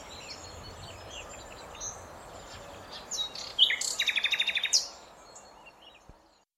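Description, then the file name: Common nightingale song phrase building from thin whistles into a quick series of rattling repeated notes, then fading out. "Luscinia megarhynchos"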